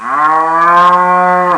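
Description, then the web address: Cattle: calf mooing, one steady, fairly high, nasal bleat held about one and a half seconds before dropping off sharply at the end. "MOBICLIC. veau"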